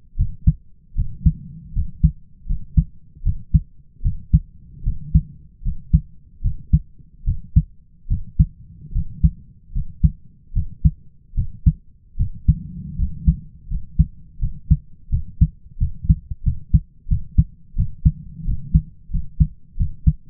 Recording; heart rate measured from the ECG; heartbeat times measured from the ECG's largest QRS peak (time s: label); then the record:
heart sounds by stethoscope; 80 bpm
0.16 s: heartbeat
0.95 s: heartbeat
1.73 s: heartbeat
2.46 s: heartbeat
3.23 s: heartbeat
4.02 s: heartbeat
4.83 s: heartbeat
5.62 s: heartbeat
6.41 s: heartbeat
7.24 s: heartbeat
8.07 s: heartbeat
8.92 s: heartbeat
9.72 s: heartbeat
10.53 s: heartbeat
11.34 s: heartbeat
12.16 s: heartbeat
12.96 s: heartbeat
13.67 s: heartbeat
14.39 s: heartbeat
15.09 s: heartbeat
15.78 s: heartbeat
16.43 s: heartbeat
17.07 s: heartbeat
17.75 s: heartbeat
18.44 s: heartbeat
19.10 s: heartbeat
19.76 s: heartbeat
From the record:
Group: healthy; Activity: rest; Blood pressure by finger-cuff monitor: 110/62 mmHg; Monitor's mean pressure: 73 mmHg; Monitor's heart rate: 76 bpm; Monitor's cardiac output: 5.4 L/min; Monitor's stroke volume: 71 mL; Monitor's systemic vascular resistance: 960 dyn s/cm5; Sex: male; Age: 20 years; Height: 167 cm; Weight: 61 kg